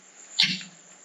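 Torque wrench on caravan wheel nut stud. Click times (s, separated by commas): 0.4 s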